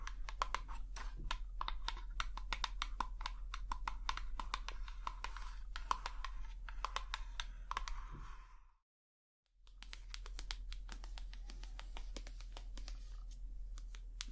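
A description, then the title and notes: Quick, irregular tapping of fingertips, dense clicks coming in rapid flurries much like typing on a keyboard, bright and crisp over a steady low hum. Around the ninth second everything drops to silence for about a second, then the tapping resumes at the same pace. ASMR Tapping. Long Nails, No Talking.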